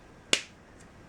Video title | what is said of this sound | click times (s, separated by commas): Crafty Q & A Part 1 - Answering ALL Your Questions While Doing Marker Maintenance - Copic Refills | hear that you want that to have that click | 0.3 s